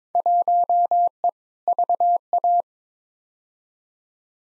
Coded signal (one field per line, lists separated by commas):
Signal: Morse code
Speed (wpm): 22 wpm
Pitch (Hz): 700 Hz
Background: none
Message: 1E VA